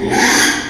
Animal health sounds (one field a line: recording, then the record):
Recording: squeal of a Yucatan mini pig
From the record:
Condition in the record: after surgery on the right vocal fold (resection and tissue-engineered implant)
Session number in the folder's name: 3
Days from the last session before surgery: 33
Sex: male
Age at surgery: 12 weeks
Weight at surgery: 13 kg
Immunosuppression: cyclosporine, prednisolone